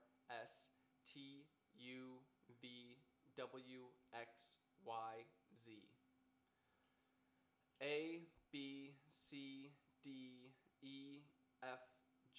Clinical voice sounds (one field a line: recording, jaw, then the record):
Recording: letters of the alphabet, spoken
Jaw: free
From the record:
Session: first day, before the bite bar